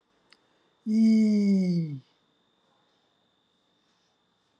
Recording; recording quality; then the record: sustained vowel as in beet; excellent, no background noise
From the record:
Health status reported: healthy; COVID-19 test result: not tested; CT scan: not taken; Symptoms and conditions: none ticked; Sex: female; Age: 51 years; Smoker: no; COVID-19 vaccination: both doses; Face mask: not worn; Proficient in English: yes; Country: India